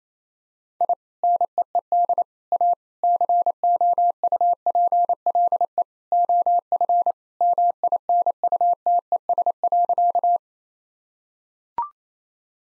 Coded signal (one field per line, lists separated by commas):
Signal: Morse code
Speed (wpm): 28 wpm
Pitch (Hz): 700 Hz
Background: none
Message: I NEED A COUPLE OF MINUTES.